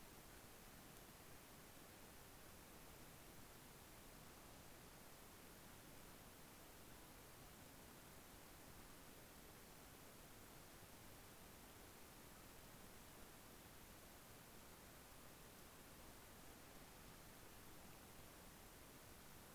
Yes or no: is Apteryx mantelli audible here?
no